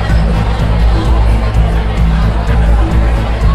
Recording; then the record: background sound without coughing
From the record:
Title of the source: Party Noise 1 Hour Party Ambience